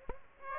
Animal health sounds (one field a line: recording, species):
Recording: mosquito wingbeat signal from an infrared sensor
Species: Aedes aegypti